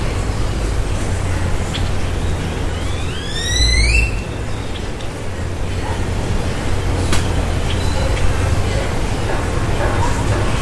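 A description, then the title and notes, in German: Birds sing in the evening. Just before the four-second mark one bird gives a quick call of a few bright, upward-sweeping notes. Otherwise a steady low rumble and hiss fill the clip, with a single sharp click near seven seconds. Abendstimmung am Pazifik.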